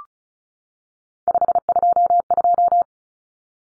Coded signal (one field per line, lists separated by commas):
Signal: Morse code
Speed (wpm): 34 wpm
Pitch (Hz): 700 Hz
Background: none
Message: 522